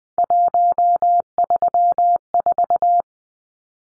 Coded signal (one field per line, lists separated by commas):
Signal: Morse code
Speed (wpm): 20 wpm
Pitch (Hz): 700 Hz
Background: none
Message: 134